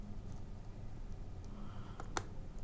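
During a 2015 MacBook Pro restoration, an internal component is pushed all the way into place in the laptop chassis over a steady low hum with faint ticks. A sharp, bright click at 2.2 s marks the part seating home.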